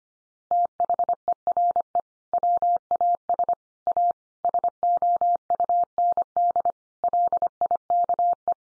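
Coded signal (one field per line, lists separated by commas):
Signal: Morse code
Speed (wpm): 25 wpm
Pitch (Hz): 700 Hz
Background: none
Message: THERE WAS A SOUND LIKE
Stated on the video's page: Morse code sentence head-copy practice at 25 wpm, also offered at speeds from 17 to 50 wpm.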